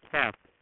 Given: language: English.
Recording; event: throat vibration sensor signal played as sound; speech